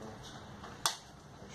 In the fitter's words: Encaixou, encaixou. Certo?